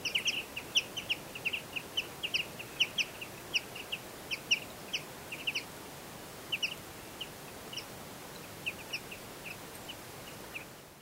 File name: Fringilla coelebs